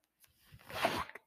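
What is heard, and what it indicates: A soft airy whoosh swells and fades over about a second: one breath delivered by a home mechanical ventilator.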